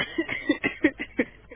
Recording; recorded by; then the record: voluntary cough; telephone call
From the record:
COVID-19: positive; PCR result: checked with the laboratory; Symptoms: yes